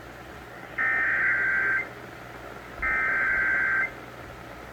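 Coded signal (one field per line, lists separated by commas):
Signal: Emergency Alert System (SAME) tones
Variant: header bursts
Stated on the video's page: Flash flood warning for Tropical Storm Hilary, received on AM 640 broadcast radio.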